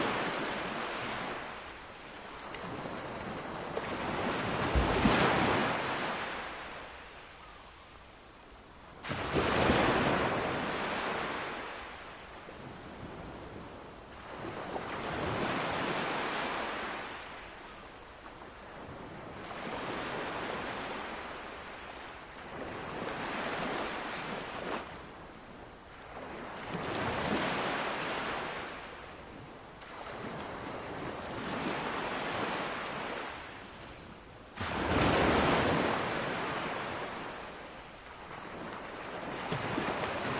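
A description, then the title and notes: Ocean waves wash onto the shore in steady, regular surges every five seconds or so, with a faint wind hiss between them. Calm and Soothing Ocean Waves. The soothing ocean waves crash onto the shore.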